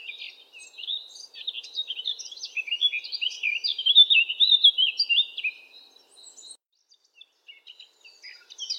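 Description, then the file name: Eurasian blackcap song, a hurried scratchy warble building into louder fluting whistles, then fading into a few scattered high notes. "zwartkop zang"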